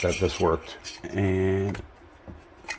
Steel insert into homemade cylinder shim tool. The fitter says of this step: tight that fits in there it pops it literally Pops in but man